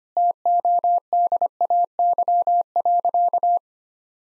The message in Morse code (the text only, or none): TODAY.